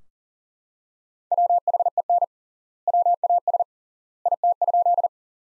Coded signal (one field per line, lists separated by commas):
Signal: Morse code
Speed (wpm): 40 wpm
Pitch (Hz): 700 Hz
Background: none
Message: WHEN WAS IT?